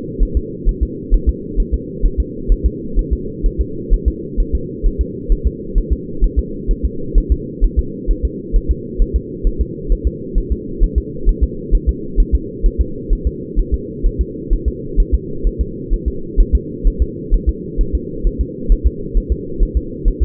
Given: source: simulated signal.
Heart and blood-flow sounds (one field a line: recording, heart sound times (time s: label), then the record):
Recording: fetal heart sounds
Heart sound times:
0.23 s: S1
0.37 s: S2
0.69 s: S1
0.83 s: S2
1.14 s: S1
1.29 s: S2
1.60 s: S1
1.74 s: S2
2.06 s: S1
2.20 s: S2
2.52 s: S1
2.66 s: S2
2.99 s: S1
3.13 s: S2
3.46 s: S1
3.61 s: S2
3.94 s: S1
4.08 s: S2
4.40 s: S1
4.55 s: S2
4.87 s: S1
5.01 s: S2
5.32 s: S1
5.47 s: S2
5.78 s: S1
5.93 s: S2
6.24 s: S1
6.39 s: S2
6.71 s: S1
6.85 s: S2
7.18 s: S1
7.32 s: S2
7.64 s: S1
7.79 s: S2
8.11 s: S1
8.25 s: S2
8.56 s: S1
8.71 s: S2
9.02 s: S1
9.16 s: S2
9.47 s: S1
9.61 s: S2
9.92 s: S1
10.07 s: S2
10.38 s: S1
10.52 s: S2
10.84 s: S1
10.98 s: S2
11.29 s: S1
11.44 s: S2
11.75 s: S1
11.89 s: S2
12.20 s: S1
12.35 s: S2
12.66 s: S1
12.81 s: S2
13.13 s: S1
13.27 s: S2
13.59 s: S1
13.74 s: S2
14.06 s: S1
14.21 s: S2
14.53 s: S1
14.68 s: S2
15.00 s: S1
15.15 s: S2
15.47 s: S1
15.61 s: S2
15.94 s: S1
16.08 s: S2
16.40 s: S1
16.55 s: S2
16.88 s: S1
17.02 s: S2
17.34 s: S1
17.49 s: S2
17.81 s: S1
17.95 s: S2
18.27 s: S1
18.41 s: S2
18.72 s: S1
18.87 s: S2
19.17 s: S1
19.32 s: S2
19.63 s: S1
19.77 s: S2
20.08 s: S1
20.22 s: S2
From the record:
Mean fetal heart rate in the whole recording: 130 bpm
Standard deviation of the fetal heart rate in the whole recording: 2 bpm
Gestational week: 38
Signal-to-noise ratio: -4.3 dB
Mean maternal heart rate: 72 bpm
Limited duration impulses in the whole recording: absent